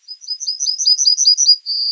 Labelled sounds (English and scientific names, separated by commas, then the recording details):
Yellowhammer (Emberiza citrinella) song
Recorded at under 5 m from the bird
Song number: 106